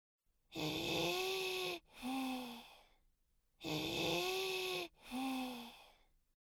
Wheeze.